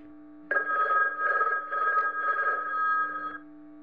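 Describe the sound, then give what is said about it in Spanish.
A telephone bell rings for about three seconds, one continuous shrill, buzzing peal with a faint wavering pulse, over a steady low hum. The ring starts abruptly and stops abruptly. “Alexander Graham Bell acababa de inventar el teléfono”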